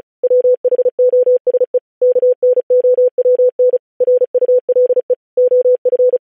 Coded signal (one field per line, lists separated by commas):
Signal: Morse code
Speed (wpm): 36 wpm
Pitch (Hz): 500 Hz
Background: none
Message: WHOSE KNOWN RULE OF